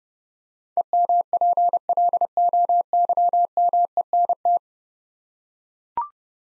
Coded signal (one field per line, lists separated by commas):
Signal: Morse code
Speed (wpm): 30 wpm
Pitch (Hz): 700 Hz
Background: none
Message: EMPLOYMENT